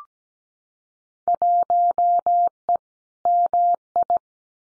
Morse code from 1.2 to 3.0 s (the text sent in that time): 1E